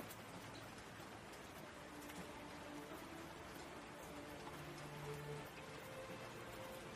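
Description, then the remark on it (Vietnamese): Steady drizzling rain patters without a break, a soft, dense hiss of countless small drops with no voices or other distinct sounds. “Lão Lộc sung sướng sắp đồ đạc rời khỏi ống cống, mặc cho cơn mưa vẫn âm thầm giá rích.”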